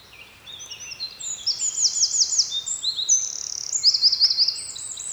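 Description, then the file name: Eurasian wren song, a long high jumble of piercing notes with two fast rattling trills, one in the middle and one near the end. "Troglodytes troglodytes"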